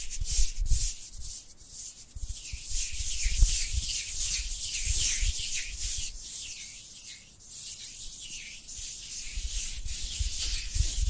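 Dry hands rub together in a steady, continuous hiss, bright and papery, with strokes swelling and easing every second or so. Soft low thumps from the hands' movement pulse underneath throughout, with slightly quieter passages near seven seconds.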